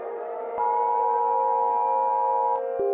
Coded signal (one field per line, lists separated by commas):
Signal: Emergency Alert System (SAME) tones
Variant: 853 and 960 Hz attention tone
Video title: "TOPEKA" an eas mock (My first mock!)